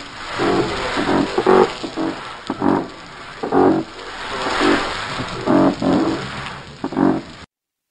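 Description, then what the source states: Blackspotted croaker giving several low, rough, pulsed croaks at uneven spacing. Played example; described as aggressive-sounding; croakers are named for the croaking sounds fishers knew they made.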